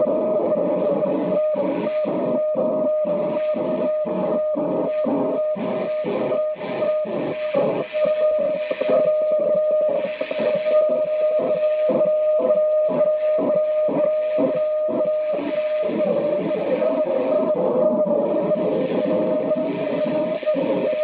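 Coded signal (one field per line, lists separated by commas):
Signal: weather fax (radiofax)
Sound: steady warbling tone with rhythmic scratchy pulses twice a second, like a ticking scraper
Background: radio static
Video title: Maritime Weather Fax Transmission from USCG NMF Boston, MA, USA @ 4235 kHz USB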